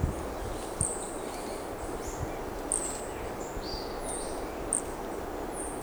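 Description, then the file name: Brachycephalus toadlet gives three short, high chirped notes about two seconds apart, among faint whistles and buzzes of insects or birds. Undetermined Brachycephalus species, individual 1, recorded at Corcovado; the first two notes of the call are missing. "MHNCI Brachycephalus sp ind 1 Corcovado two starting notes lost"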